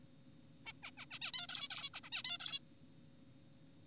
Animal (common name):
Zebra Finch